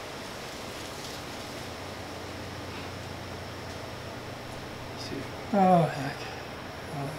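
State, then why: Not seated. Plastic landing gear is handled and lined up on the frame of a Blade 120 S2 RC helicopter before being pressed home, with soft handling sounds over a steady background hiss. Someone talks briefly near the end. Nothing has seated or clicked yet.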